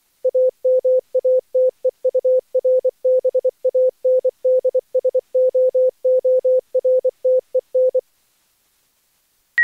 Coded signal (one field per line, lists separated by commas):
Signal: Morse code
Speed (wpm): 24 wpm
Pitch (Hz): 510 Hz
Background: none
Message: AMATEURBANDSOORTEN